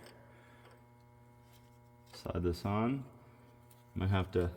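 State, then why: Not seated. A steel locking collar is picked up and slid onto a semi trailer's axle spindle by the spindle nut, heard as a low steady hum with someone talking over it. The collar is only being positioned and has not locked in yet; it locks later, after the nut is adjusted.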